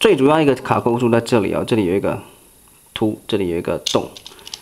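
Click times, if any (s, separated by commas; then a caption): none. During transformation of a plastic TFP Dark Energon Optimus Prime transforming robot toy, someone talks while pointing out its main clip, a peg and a hole, before pressing the plastic part toward its clip hole. After a pause, the talking resumes and a few short, sharp handling ticks come near 4.4 to 4.5 seconds. Nothing has seated or clicked into place yet.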